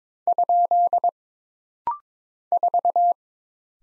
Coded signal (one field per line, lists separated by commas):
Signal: Morse code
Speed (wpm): 23 wpm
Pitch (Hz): 700 Hz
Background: none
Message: ? 4